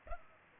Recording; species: mosquito wingbeat signal from an infrared sensor; Culex pipiens